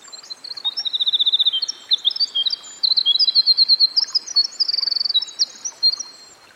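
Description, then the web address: Winter wren song, a continuous high, rippling series of quick notes and rattling trills, changing pitch often, heard throughout. Winter wren singing by a stream. "Dan Gibson Songbirds By The Stream. Winter Wren"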